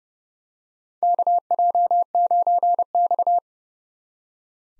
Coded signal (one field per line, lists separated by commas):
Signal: Morse code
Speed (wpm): 32 wpm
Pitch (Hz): 700 Hz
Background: none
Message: KJ9X